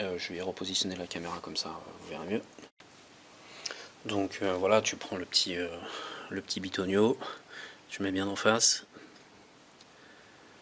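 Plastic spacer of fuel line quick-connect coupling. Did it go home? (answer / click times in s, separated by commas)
yes / 9.8 s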